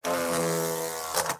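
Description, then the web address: Wasp wing buzz: a steady, low, droning hum that swells briefly twice near the end and then cuts off. Wasp wings buzzing as it takes off and lands, recorded close. "Blast Wave Update 3 Wasp Fly Wing"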